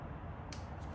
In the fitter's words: And it should snap right in, just like that.